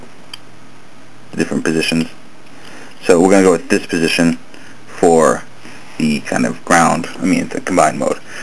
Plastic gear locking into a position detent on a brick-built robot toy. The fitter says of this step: gear locks into place. You push the buttons in, you move the gear wherever.